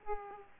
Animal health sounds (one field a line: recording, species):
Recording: mosquito wingbeat signal from an infrared sensor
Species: Aedes aegypti